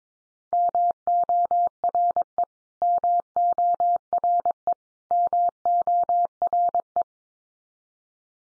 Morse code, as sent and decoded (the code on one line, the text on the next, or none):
-- --- .-. . / -- --- .-. . / -- --- .-. .
MORE MORE MORE